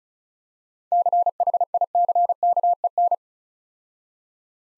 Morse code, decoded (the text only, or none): CHICKEN